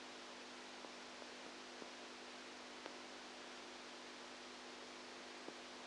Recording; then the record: brain microelectrode recording played as sound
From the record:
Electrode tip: outside the subthalamic nucleus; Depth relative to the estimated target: -10 mm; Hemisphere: right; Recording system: NeuroSet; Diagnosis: Parkinson's disease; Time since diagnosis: 10 years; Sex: female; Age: 67 years